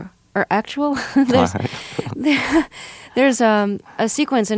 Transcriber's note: soundbite of laughter